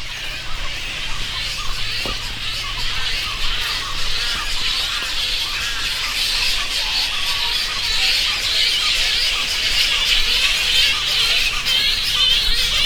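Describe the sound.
Flying foxes in a dense, continuous chorus of shrill squeals and chittering notes, many animals calling at once without pause.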